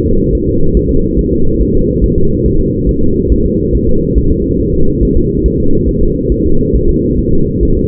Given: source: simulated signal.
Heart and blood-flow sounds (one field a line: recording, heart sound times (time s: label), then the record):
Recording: fetal heart sounds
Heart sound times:
0.06 s: S2
0.35 s: S1
0.49 s: S2
0.77 s: S1
0.91 s: S2
1.19 s: S1
1.33 s: S2
1.61 s: S1
1.75 s: S2
2.04 s: S1
2.18 s: S2
2.46 s: S1
2.60 s: S2
2.89 s: S1
3.03 s: S2
3.32 s: S1
3.46 s: S2
3.75 s: S1
3.89 s: S2
4.18 s: S1
4.31 s: S2
4.60 s: S1
4.74 s: S2
5.03 s: S1
5.17 s: S2
5.46 s: S1
5.60 s: S2
5.89 s: S1
6.03 s: S2
6.32 s: S1
6.46 s: S2
6.75 s: S1
6.89 s: S2
7.19 s: S1
7.33 s: S2
7.63 s: S1
7.77 s: S2
From the record:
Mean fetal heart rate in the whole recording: 140 bpm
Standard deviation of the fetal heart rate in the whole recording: 2 bpm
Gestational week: 34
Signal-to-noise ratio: -17.7 dB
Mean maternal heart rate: 72 bpm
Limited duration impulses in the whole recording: present